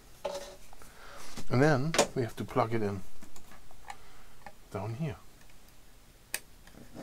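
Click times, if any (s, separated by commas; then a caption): 6.3 s. Someone talks while the plastic connector of an accelerometer cable is plugged into its socket low on a Prusa Core One 3D printer, with faint handling taps along the way. The connector snaps home with one sharp click at 6.3 s and is seated.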